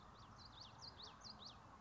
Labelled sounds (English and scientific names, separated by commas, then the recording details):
Common Yellowthroat (Geothlypis trichas)
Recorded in Sonoma County, California